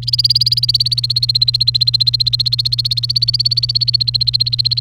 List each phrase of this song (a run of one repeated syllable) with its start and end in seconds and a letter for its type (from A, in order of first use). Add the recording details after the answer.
0.02-4.81 A. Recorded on 28 April 2018 at 16:08. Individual llb3